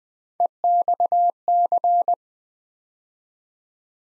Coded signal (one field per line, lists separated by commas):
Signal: Morse code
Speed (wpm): 20 wpm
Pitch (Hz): 700 Hz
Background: none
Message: EXC